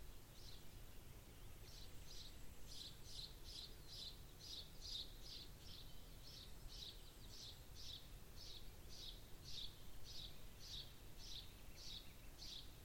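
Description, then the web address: Bird calls: short high chirps repeated steadily throughout, over a constant low rumble. "Bird Only"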